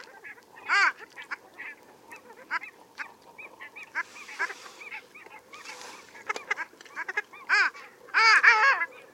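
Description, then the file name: Long-tailed duck calls: nasal, yodelling honks from several birds, scattered and overlapping, with a louder burst near the start and a dense cluster near the end. Male bird. "HAVELLE HANN CLANGULA HYEMALIS"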